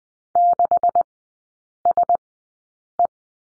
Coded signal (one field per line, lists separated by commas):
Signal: Morse code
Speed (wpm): 20 wpm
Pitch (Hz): 700 Hz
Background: none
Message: 6SE